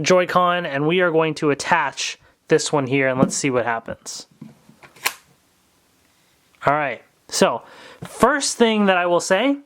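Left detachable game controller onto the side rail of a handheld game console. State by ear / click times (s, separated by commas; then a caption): seated / 5.1 s. A third-party left detachable game controller (Hori Zelda D-Pad Controller for Nintendo Switch) is slid down the side rail of a handheld game console until it locks. Someone talks, then there is a quiet pause with soft sliding sounds and a sharp, loud click at 5.1 s as the latch catches. The controller is seated and clicks in fine.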